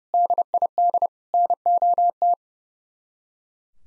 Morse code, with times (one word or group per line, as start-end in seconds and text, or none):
0.1-1.1 DID
1.3-2.3 NOT